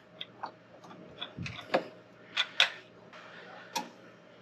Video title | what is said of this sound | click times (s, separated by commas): Upgrade APC UPS With LIFEPO4 Batteries!! | there we go just found the battery I Heard It Go click new battery installed | 2.6 s